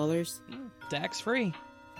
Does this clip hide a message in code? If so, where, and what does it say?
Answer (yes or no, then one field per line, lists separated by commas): no